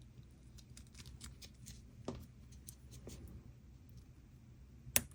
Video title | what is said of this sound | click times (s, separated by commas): Retro Granny Stitch Hat Crochet Pattern - 0-3mth easy hat tutorial - free crochet pattern baby-adult | okay those will snap in place | 5.0 s